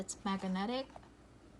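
A magnetic snap clasp on the flap of a Louis Vuitton leather handbag, with a cowhide exterior and textile lining, is handled while someone talks. A faint soft sound follows the speech near 1.0 s, then quiet. The clasp has not snapped shut yet, and nothing has seated or clicked.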